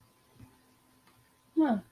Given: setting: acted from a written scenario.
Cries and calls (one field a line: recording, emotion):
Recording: vocal sound without words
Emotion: shame